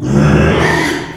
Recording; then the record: squeal of a Yucatan mini pig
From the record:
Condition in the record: after surgery on the right vocal fold (resection and tissue-engineered implant); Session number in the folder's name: 3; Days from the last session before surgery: 33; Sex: male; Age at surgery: 12 weeks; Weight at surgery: 13 kg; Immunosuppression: cyclosporine, prednisolone